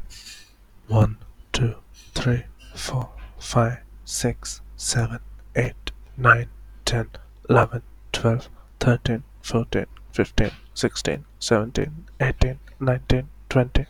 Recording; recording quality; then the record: counting at a normal pace; moderate, slight background noise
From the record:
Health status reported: healthy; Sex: male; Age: 19 years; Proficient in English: yes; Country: India